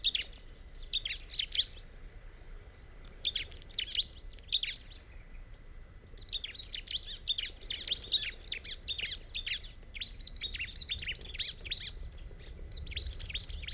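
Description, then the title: Bar-winged prinia song: bursts of sharp, high chirping notes in rapid phrases, pausing briefly between bursts, with a steady low background hum. "Ciblek Pro"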